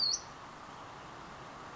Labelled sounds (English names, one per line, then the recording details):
Western Flycatcher
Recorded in Sonoma County, California